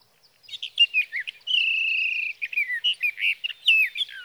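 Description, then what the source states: Sage thrasher song: varied warbled notes, a sustained whistled tone of about a second, then more fast, slurred, sliding phrases. Male singing through the night near his night roost, three nights from the evening of June 12 to the morning of June 15, 2018, Sierra Valley, California; Swift recorder placed near roost.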